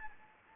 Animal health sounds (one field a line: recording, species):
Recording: mosquito wingbeat signal from an infrared sensor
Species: Anopheles gambiae